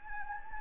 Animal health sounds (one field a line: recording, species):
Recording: mosquito wingbeat signal from an infrared sensor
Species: Anopheles gambiae